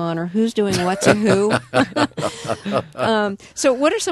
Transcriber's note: soundbite of laughter